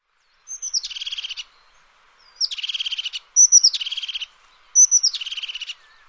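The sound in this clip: Bird giving four buzzy phrases, each a thin high slurred note running into a rapid rattling trill about a second long, separated by short pauses.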